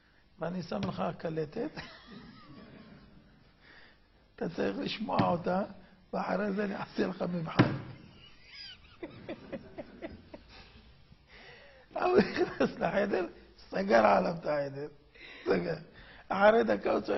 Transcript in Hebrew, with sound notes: ואני שם לך קלטת [צחוק...] אתה צריך לשמוע אותה ואחרי זה אני אעשה לך מבחן" [צחוק...] ההוא נכנס לחדר, סגר עליו את החדר, אחרי דקה הוא צועק: